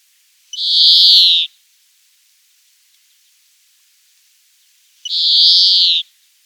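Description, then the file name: European greenfinch repeating a nasal, buzzy wheeze lasting about a second, given twice roughly four seconds apart, with quiet background otherwise. "Chloris chloris"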